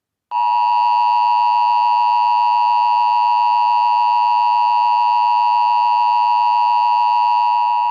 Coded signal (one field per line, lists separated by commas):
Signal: Emergency Alert System (SAME) tones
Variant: 853 and 960 Hz attention tone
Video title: Monster Warning | Alternate Dimension EAS